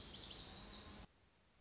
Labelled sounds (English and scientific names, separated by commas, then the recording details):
Lazuli Bunting (Passerina amoena)
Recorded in Sonoma County, California